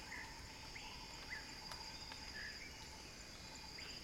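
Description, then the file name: Cicada drone, an unbroken shrill hiss that stays level, while brief chirps from another animal come now and then. Cicada song building as a crescendo. "earth-fm Axel-Drioli Cicada-Crescendo-Sounding-Wild"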